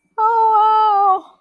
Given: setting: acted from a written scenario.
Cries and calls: vocal sound without words; triumph

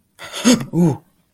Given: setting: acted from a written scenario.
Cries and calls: vocal sound without words; fear

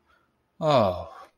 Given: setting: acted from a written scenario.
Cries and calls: vocal sound without words; contentment

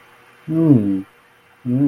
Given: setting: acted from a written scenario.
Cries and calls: vocal sound without words; amusement

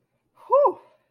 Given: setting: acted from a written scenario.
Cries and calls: vocal sound without words; positive surprise

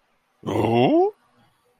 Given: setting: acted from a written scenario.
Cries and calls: vocal sound without words; interest

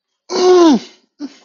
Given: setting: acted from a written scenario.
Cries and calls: vocal sound without words; elation

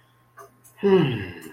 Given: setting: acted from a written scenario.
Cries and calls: vocal sound without words; neutral

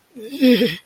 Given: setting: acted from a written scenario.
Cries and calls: vocal sound without words; disgust

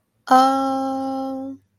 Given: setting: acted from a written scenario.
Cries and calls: vocal sound without words; confusion

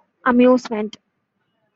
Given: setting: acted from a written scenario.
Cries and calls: vocal sound without words; amusement

